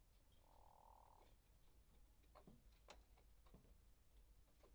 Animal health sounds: poultry house recording; sick chickens (respiratory disease)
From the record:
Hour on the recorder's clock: 0

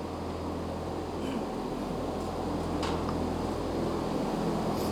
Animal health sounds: poultry house recording; no chicken sound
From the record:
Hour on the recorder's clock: 8

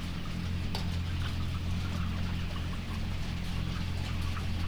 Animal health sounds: poultry house recording; healthy chickens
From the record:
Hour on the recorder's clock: 20

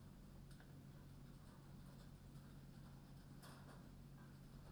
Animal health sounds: poultry house recording; no chicken sound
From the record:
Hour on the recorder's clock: 21

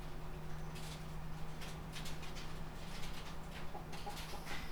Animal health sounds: poultry house recording; healthy chickens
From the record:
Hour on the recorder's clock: 12

